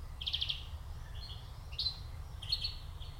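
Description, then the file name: European Greenfinch giving a short rapid trill followed by a few brief buzzy twittering notes, fairly faint against low background rumble. "Chloris chloris"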